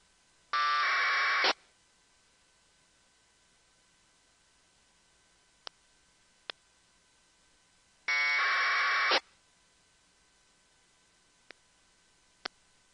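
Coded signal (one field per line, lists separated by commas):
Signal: packet radio (AX.25, as in APRS)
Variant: AFSK 1200 baud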